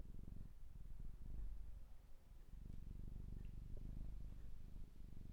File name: cat